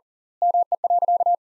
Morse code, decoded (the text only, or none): ME.